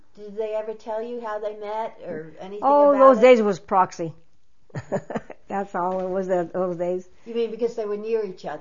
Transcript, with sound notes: Did they ever tell you how they met, or anything about it?
Oh, those days it was proxy. [laughs] That's all it was in those days.
You mean because they were near each other?